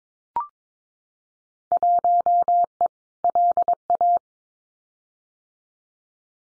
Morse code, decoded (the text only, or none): 1E LA